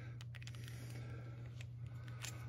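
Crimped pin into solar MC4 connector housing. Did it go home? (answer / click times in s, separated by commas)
no / none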